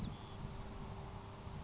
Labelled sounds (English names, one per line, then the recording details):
Grasshopper Sparrow
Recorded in Sonoma County, California